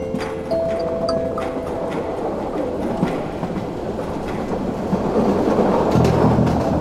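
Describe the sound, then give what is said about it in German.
A train bound for Flensburg rumbles steadily along the rails, a dense low roar with faint rhythmic clatter and a few thin metallic tones, the noise swelling slightly toward the end. “Dass ich mich 2 Tage später mit einer Fahrkarte nach Flensburg im Zug wiederfand, mag als seltsames Ergebnis erscheinen.”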